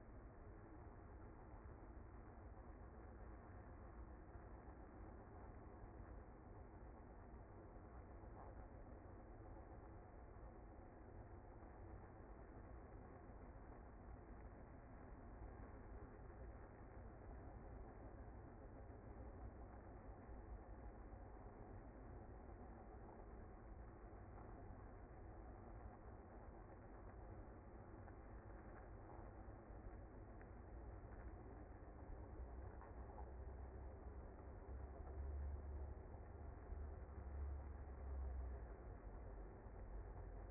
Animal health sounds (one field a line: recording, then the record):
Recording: honeybee colony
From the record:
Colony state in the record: active